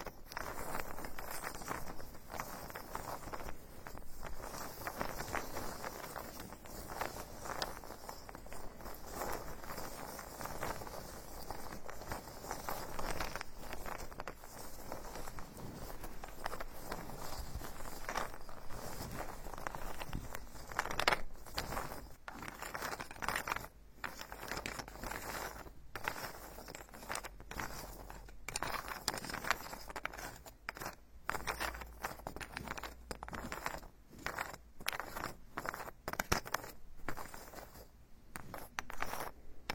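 Wooden objects rub and scrape in a carpenter's workshop, a dense run of soft brushing and rustling strokes with frequent small knocks. The first twenty seconds are smoother and fuller; after that the sounds break into sharper, more separate taps and scrapes with brief pauses.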